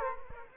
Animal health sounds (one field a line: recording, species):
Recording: mosquito wingbeat signal from an infrared sensor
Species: Culex quinquefasciatus